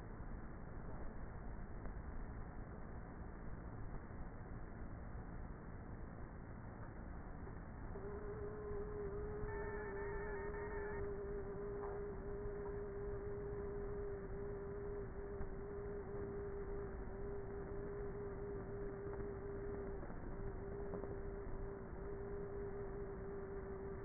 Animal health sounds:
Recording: honeybee colony, microphone inside the hive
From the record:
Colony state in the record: queenless with a low population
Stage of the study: before two queens were removed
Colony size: about 30,000 bees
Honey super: no

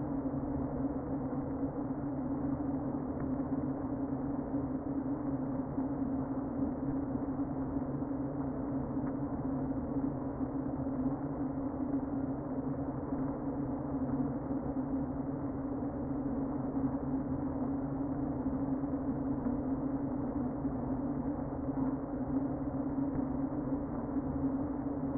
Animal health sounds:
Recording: honeybee colony, microphone inside the hive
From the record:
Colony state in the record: queen present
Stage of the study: before two queens were removed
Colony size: about 60,000 bees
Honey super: yes

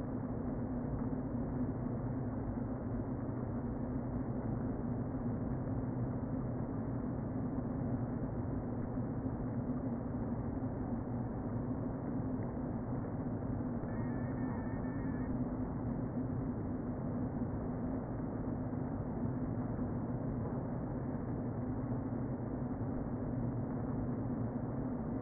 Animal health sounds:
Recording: honeybee colony, microphone inside the hive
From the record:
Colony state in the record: queen present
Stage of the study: before two queens were removed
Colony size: about 60,000 bees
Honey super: yes

